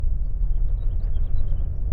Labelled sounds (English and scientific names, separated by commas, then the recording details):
House Finch (Haemorhous mexicanus) song
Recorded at Nassau on Long Island, New York, on 21 May 1975
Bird A